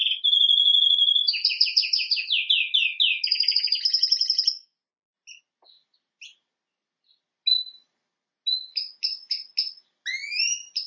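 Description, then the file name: Canary song with a steady whistled note leading into quick rolling trills, then silence broken by scattered short chirps and a final burst of rising notes. "Canary Voice"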